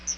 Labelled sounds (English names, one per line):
Chestnut-sided Warbler flight call